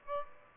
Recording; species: mosquito wingbeat signal from an infrared sensor; Aedes aegypti